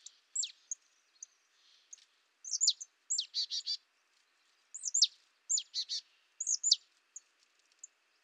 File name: Poecile palustris